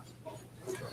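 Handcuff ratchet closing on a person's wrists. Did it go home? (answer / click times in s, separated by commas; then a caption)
no / none. Deputies handle a pair of handcuffs as they put them back on a defendant's wrists while he is taken out of a courtroom. Only a low, steady hum with faint muffled handling noise is heard, and no sharp clicks. Nothing has clicked or seated yet; the handcuff ratchet has not clicked shut by the end of the clip.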